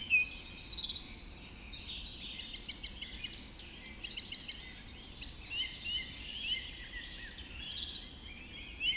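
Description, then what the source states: A dense dawn chorus, many birds warbling and chirping at once in a continuous high tangle of notes, with occasional louder whistled calls standing out. Dawn chorus recorded just after dawn in the Forest of Dean.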